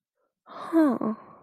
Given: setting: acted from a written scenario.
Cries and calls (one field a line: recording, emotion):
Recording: vocal sound without words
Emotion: realization